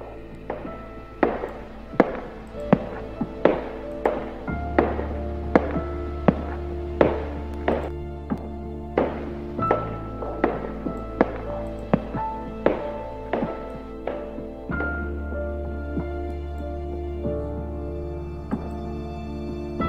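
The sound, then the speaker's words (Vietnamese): A nurse's high-heeled footsteps click sharply and steadily across a hospital floor, one step roughly every half second, over a sustained low musical drone that shifts chords a few times. “Cho đến khi cô mệt mỏi, cô nhắm chặt mắt, chỉ còn lại những tiếng bước chân trên đôi giày cao gót của y tá nện trên nền bệnh viện.”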